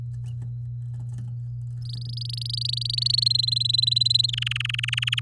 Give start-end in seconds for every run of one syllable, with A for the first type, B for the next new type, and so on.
1.82-3.28 A, 3.30-4.26 B, 4.28-5.20 C